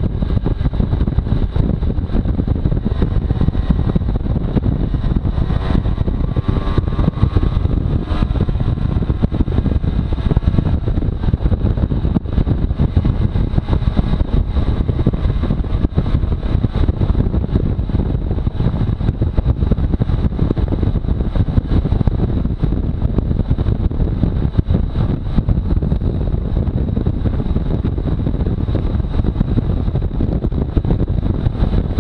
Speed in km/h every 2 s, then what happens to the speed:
42, 41, 43, 47, 48, 46, 47, 47, 47, 48, 48, 48, 47, 47, 48, 49.
0-7 speeds up to 48. 7-32 steady at about 47.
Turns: none.